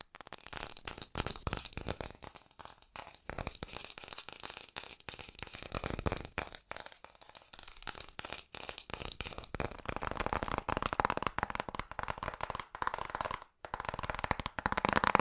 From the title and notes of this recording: ASMR Fast Tapping for The Most Tingles (No Talking).